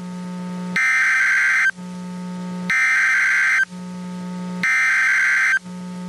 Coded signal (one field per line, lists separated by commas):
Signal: Emergency Alert System (SAME) tones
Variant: header bursts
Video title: (RARE) Hurricane Warning Doubleheader on KEC38 Clearwater, FL (9/26/22) (EAS #48-49)